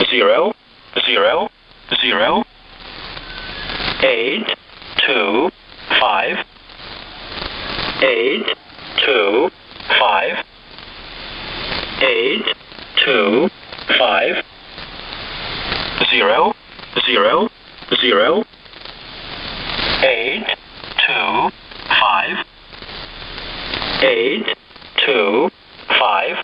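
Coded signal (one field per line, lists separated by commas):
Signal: numbers station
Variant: E07a, English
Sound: synthetic English voice reading digits in evenly spaced groups over shortwave static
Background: radio static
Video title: Numbers Station E07a - Shortwave 5877Khz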